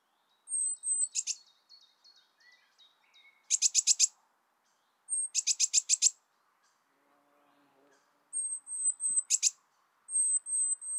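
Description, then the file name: Eurasian blue tit calls: thin high whistled notes alternating with harsh buzzy churring rattles in bursts, plus soft ticking notes between. "Cyanistes caeruleus"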